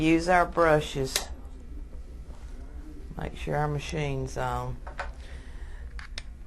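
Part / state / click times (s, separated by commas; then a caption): brush head into facial brush machine / seated / 6.0 s, 6.2 s. A facial brush head is fitted onto a rotary facial brush machine, and someone talks. Two sharp, short clicks are heard at 6.0 s and 6.2 s as the brush head snaps into place and seats in the machine.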